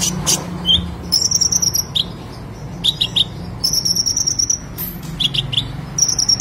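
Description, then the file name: Sunbird song: quick, high sibilant notes and thin trilled phrases, over a soft low hum. "Kolibri Lebah"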